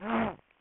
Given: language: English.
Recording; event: throat vibration sensor signal played as sound; throat clearing